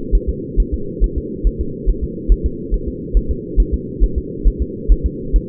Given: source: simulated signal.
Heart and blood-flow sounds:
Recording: fetal heart sounds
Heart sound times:
0.15 s: S1
0.29 s: S2
0.60 s: S1
0.74 s: S2
1.04 s: S1
1.18 s: S2
1.47 s: S1
1.61 s: S2
1.89 s: S1
2.04 s: S2
2.32 s: S1
2.46 s: S2
2.74 s: S1
2.88 s: S2
3.17 s: S1
3.31 s: S2
3.60 s: S1
3.74 s: S2
4.04 s: S1
4.18 s: S2
4.47 s: S1
4.62 s: S2
4.92 s: S1
5.06 s: S2
5.36 s: S1
From the record:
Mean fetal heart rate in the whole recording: 135 bpm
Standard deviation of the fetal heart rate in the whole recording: 3 bpm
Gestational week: 36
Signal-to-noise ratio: -4.3 dB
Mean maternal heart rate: 72 bpm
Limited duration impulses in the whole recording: present

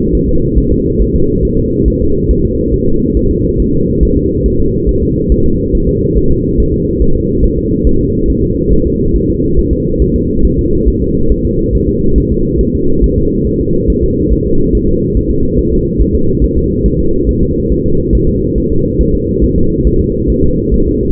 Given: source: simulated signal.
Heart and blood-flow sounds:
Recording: fetal heart sounds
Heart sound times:
0.15 s: S1
0.29 s: S2
0.58 s: S1
0.72 s: S2
1.02 s: S1
1.15 s: S2
1.45 s: S1
1.59 s: S2
1.88 s: S1
2.02 s: S2
2.31 s: S1
2.45 s: S2
2.74 s: S1
2.88 s: S2
3.17 s: S1
3.31 s: S2
3.60 s: S1
3.74 s: S2
4.03 s: S1
4.17 s: S2
4.46 s: S1
4.60 s: S2
4.89 s: S1
5.03 s: S2
5.32 s: S1
5.46 s: S2
5.75 s: S1
5.89 s: S2
6.18 s: S1
6.31 s: S2
6.60 s: S1
6.74 s: S2
7.02 s: S1
7.16 s: S2
7.44 s: S1
7.58 s: S2
7.87 s: S1
8.01 s: S2
8.30 s: S1
8.44 s: S2
8.73 s: S1
8.87 s: S2
9.16 s: S1
9.30 s: S2
9.59 s: S1
9.73 s: S2
10.02 s: S1
10.16 s: S2
10.45 s: S1
10.59 s: S2
10.88 s: S1
11.02 s: S2
11.31 s: S1
11.45 s: S2
11.75 s: S1
11.89 s: S2
12.18 s: S1
12.32 s: S2
12.61 s: S1
12.75 s: S2
13.04 s: S1
13.18 s: S2
13.47 s: S1
13.61 s: S2
13.90 s: S1
14.04 s: S2
14.32 s: S1
14.46 s: S2
14.75 s: S1
14.89 s: S2
15.17 s: S1
15.31 s: S2
15.59 s: S1
15.73 s: S2
16.01 s: S1
16.15 s: S2
16.44 s: S1
16.58 s: S2
16.86 s: S1
17.00 s: S2
17.29 s: S1
17.43 s: S2
17.72 s: S1
17.86 s: S2
18.15 s: S1
18.29 s: S2
18.58 s: S1
18.72 s: S2
19.01 s: S1
19.15 s: S2
19.44 s: S1
19.58 s: S2
19.87 s: S1
20.01 s: S2
20.30 s: S1
20.44 s: S2
20.74 s: S1
20.88 s: S2
From the record:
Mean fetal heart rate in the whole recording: 140 bpm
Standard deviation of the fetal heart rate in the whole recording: 2 bpm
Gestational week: 34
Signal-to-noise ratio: -16.4 dB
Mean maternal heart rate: 72 bpm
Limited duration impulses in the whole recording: present

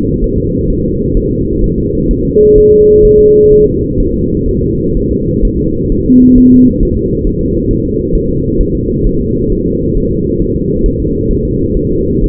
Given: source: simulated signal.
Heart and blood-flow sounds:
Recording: fetal heart sounds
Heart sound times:
0.24 s: S1
0.38 s: S2
0.70 s: S1
0.84 s: S2
1.17 s: S1
1.31 s: S2
1.64 s: S1
1.78 s: S2
2.11 s: S1
2.25 s: S2
2.58 s: S1
2.72 s: S2
3.05 s: S1
3.19 s: S2
3.52 s: S1
3.67 s: S2
4.00 s: S1
4.14 s: S2
4.48 s: S1
4.63 s: S2
4.97 s: S1
5.11 s: S2
5.45 s: S1
5.59 s: S2
5.92 s: S1
6.06 s: S2
6.38 s: S1
6.52 s: S2
6.83 s: S1
6.97 s: S2
7.27 s: S1
7.41 s: S2
7.71 s: S1
7.85 s: S2
8.15 s: S1
8.29 s: S2
8.61 s: S1
8.75 s: S2
9.06 s: S1
9.21 s: S2
9.52 s: S1
9.66 s: S2
9.97 s: S1
10.12 s: S2
10.42 s: S1
10.56 s: S2
10.86 s: S1
11.00 s: S2
11.31 s: S1
11.45 s: S2
11.76 s: S1
11.91 s: S2
12.24 s: S1
From the record:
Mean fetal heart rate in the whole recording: 130 bpm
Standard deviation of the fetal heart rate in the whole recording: 4 bpm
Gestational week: 38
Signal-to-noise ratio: -14.7 dB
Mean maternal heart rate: 72 bpm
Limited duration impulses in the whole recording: present

